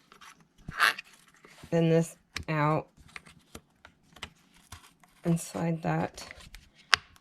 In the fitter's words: in and you can hear it snapping